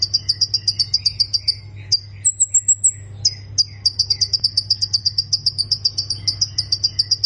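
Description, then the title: Plain prinia: quick repeated chirps, a pause with a few high whistled notes, then the rapid chirping resumes; low hum throughout. "Ciblek Sawah"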